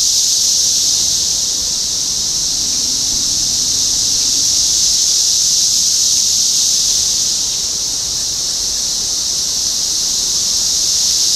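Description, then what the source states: Cicadas buzzing together, a high sustained hiss that swells slightly in the middle. Cicadas recorded in Topeka, Kansas, on 14 June 2015.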